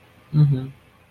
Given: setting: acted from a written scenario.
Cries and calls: vocal sound without words; neutral

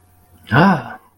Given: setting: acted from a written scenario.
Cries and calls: vocal sound without words; anger

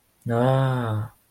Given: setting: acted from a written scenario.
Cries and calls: vocal sound without words; desire

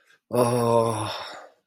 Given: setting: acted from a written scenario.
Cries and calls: vocal sound without words; embarrassment

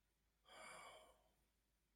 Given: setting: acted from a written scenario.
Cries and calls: vocal sound without words; awe

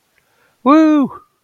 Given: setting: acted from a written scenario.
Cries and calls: vocal sound without words; elation

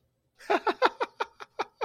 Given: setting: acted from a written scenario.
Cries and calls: vocal sound without words; amusement

